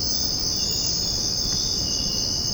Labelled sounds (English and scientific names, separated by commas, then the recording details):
none
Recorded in secondary vegetation near Puerto Asís, Putumayo, Colombia, on 9 March 2025 at 05:30
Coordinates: 0.481, -76.318
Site G097